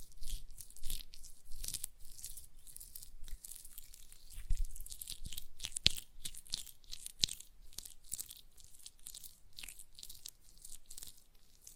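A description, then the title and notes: Hands work gel lotion with a string of wet, sticky smacks and squelches, crackling bright and crisp, with a soft low rub beneath. The sounds come in quick irregular bursts throughout, with sharper snaps around four and a half and six seconds. ASMR Gel Lotion Hand Sounds (No Talking).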